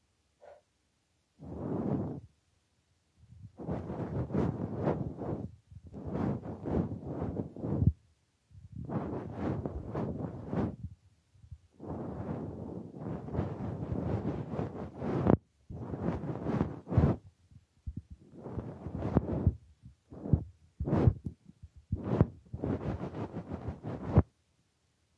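Soft breaths of blowing into the microphone come in repeated airy bursts, some long and some short, separated by brief silences.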